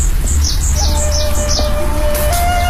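Small birds chirp repeatedly in short, high-pitched tweets in a garden with a pond of lotus and cattails, over a steady low rumble, with a thin sustained whistling tone running underneath. No one speaks.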